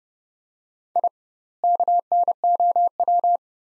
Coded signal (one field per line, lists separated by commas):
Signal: Morse code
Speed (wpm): 31 wpm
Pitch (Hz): 700 Hz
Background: none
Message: I KNOW